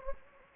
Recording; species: mosquito wingbeat signal from an infrared sensor; Anopheles gambiae